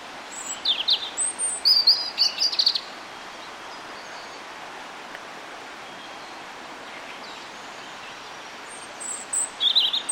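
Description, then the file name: European robin song: a burst of high, thin twittering phrases over the first three seconds, a long quiet stretch of steady hiss, then a brief high twitter at the end. "Erithacus rubecula"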